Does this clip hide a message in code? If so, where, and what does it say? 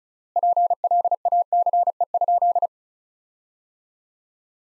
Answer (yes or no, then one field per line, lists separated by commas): yes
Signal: Morse code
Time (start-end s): 0.4-2.7 s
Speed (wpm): 34 wpm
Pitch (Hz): 700 Hz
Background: none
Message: PLACE?